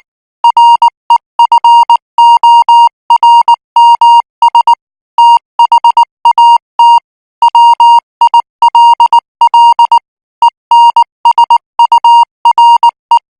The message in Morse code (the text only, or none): REFORMS THAT WILL ENSURE